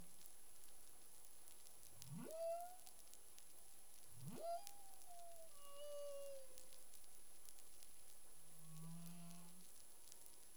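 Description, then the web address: Humpback whale calls underwater: two steep upsweeps levelling into tones, the second long and slowly falling, then a low buzzy drone, over steady hiss with faint clicks. Caribbean, 25 February 2021 at 11:35 UTC. "CARIMAM clean data humpback whale"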